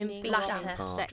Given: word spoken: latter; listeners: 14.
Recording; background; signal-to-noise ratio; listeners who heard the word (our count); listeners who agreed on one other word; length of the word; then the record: one English word in noise, from a listening test; four-talker babble; 0.1 dB; 2 of 14; 7 of 14; 0.72 s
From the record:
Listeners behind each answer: 7, 2, 2, 1, 1, 1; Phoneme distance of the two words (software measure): 7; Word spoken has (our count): 2 syllables, 4 phonemes, stress on syllable 1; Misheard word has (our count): 2 syllables, 5 phonemes, stress on syllable 1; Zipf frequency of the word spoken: 3.69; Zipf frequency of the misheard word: 3.31